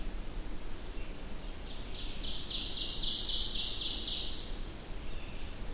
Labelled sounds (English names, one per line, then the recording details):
Ovenbird song
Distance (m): 35 m
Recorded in boreal forest in Alberta, Canada, on 25 June 2016 at 08:21
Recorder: SongMeter 3, array SBT-6-76
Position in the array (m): 30 m, 108 m
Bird 2